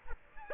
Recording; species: mosquito wingbeat signal from an infrared sensor; Aedes aegypti